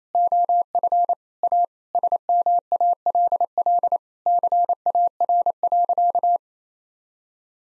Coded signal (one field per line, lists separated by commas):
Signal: Morse code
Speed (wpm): 27 wpm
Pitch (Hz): 700 Hz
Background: none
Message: OF A SMALL CAR.